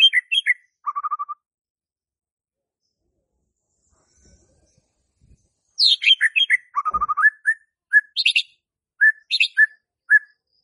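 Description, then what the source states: White-rumped shama song: loud varied whistled notes and short chirps, a quick run of repeated notes, a pause, then several scattered whistles and sharp chirped phrases. Lure to trigger song in a stressed White-rumped shama that has stopped singing.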